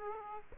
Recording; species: mosquito wingbeat signal from an infrared sensor; Aedes aegypti